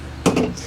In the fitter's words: that then locks into place.